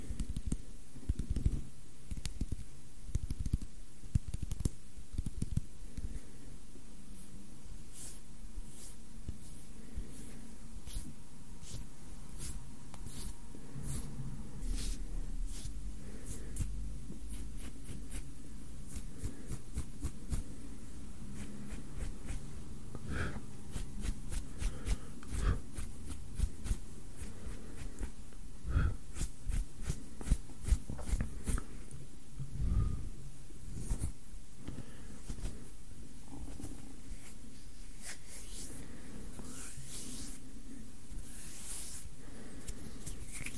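Hand sounds made close to the microphone: continuous rubbing and brushing with a steady low rumble underneath, broken by frequent sharp taps and crinkly clicks. The bursts cluster irregularly, with louder snaps around the middle and near the end, over a constant faint hiss.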